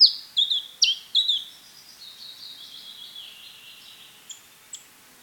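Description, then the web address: House sparrow chirping: a quick run of loud, sharp, downslurred chirps in the first second and a half, then softer, thinner notes and a few faint clicks. Song recorded on 13 July 2007 at 04:31. "hlehto. physp 0431 varpai"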